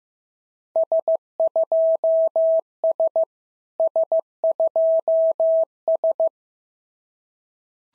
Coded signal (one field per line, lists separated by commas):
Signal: Morse code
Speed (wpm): 16 wpm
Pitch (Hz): 650 Hz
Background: none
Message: S2S S2S